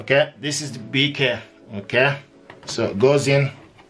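An ink cartridge is handled as it is about to be pushed into the print head of a Canon PIXMA TS9150 inkjet printer, while someone talks throughout. The clip ends before the part goes home, and nothing has seated or clicked yet.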